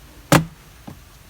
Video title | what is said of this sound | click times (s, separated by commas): Toyota Kluger Air conditioning Cabin Filter Replacement | You'll hear those two latches have locked in. | 0.4 s